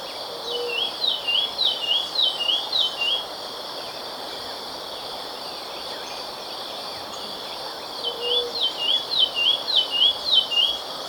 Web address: Natures Songs S America Birds of Ecuador Olivaceous Greenlet